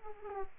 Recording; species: mosquito wingbeat signal from an infrared sensor; Aedes aegypti